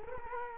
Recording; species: mosquito wingbeat signal from an infrared sensor; Culex quinquefasciatus